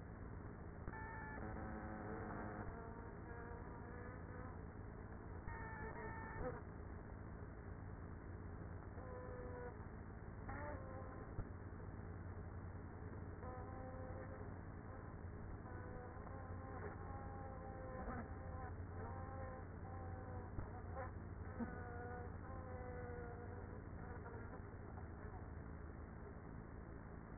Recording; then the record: honeybee colony, microphone inside the hive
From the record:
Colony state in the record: queenless with a low population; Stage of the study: after two queens were removed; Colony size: about 30,000 bees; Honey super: no